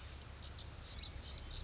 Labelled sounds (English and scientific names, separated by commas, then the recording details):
Western Flycatcher (Empidonax difficilis)
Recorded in Sonoma County, California